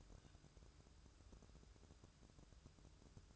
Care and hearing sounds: daily activity, microphone in the room; take from stove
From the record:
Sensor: 2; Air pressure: 1007.9 hPa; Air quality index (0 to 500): 107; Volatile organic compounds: 1 ppm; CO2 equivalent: 805 ppm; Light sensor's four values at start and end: 7/16/6/6 and 7/16/6/6

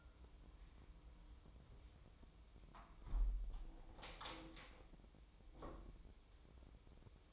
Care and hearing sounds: daily activity, microphone in the room; close window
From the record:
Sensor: 1

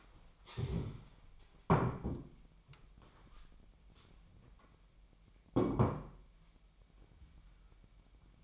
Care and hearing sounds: daily activity, microphone in the room; stand up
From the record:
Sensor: 1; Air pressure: 998.5 hPa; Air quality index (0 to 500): 121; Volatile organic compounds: 3 ppm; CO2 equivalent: 1445 ppm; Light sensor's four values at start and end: 9/22/9/11 and 9/22/9/11

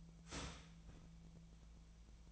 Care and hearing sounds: daily activity, microphone in the room; start toaster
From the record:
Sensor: 1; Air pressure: 1009.3 hPa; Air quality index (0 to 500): 196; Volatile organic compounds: 19 ppm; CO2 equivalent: 2673 ppm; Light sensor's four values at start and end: 27/69/28/34 and 27/69/28/34

